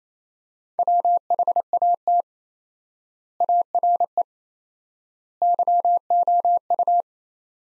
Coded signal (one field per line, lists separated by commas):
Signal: Morse code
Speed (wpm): 27 wpm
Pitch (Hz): 700 Hz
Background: none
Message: WHAT ARE YOU